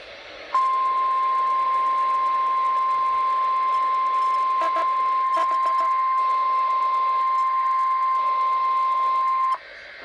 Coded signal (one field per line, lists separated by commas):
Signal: Emergency Alert System (SAME) tones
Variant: 1050 Hz attention tone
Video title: EAS alerts in eastern time part 2